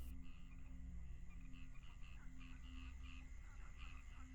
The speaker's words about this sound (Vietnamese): Trên đường đi trở về nhà, lúc này trời cũng đã 9 giờ tối. Tiếng ếch kêu râm ran trên những thửa ruộng.